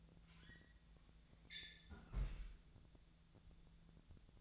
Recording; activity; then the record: daily activity, microphone in the room; close fridge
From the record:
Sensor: 3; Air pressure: 1000.0 hPa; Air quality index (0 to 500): 132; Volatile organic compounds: 2 ppm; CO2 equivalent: 1180 ppm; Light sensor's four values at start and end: 43/108/46/50 and 43/109/46/51